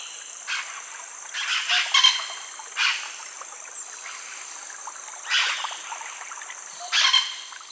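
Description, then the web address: Casqued oropendola giving bursts of harsh, noisy calls at irregular intervals, with a loud, steady insect drone throughout. Calls and song; eastern lowlands of South America. "Natures Songs S America Eastern Lowlands. Clypicterus oseryi, calls and song"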